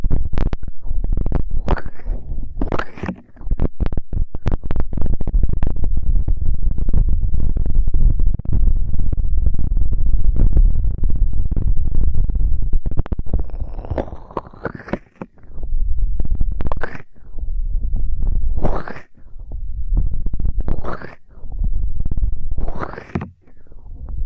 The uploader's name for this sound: ASMR Intense Electrifying Ear Cleaning